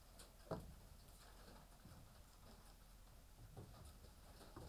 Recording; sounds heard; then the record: poultry house recording; healthy chickens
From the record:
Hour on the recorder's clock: 18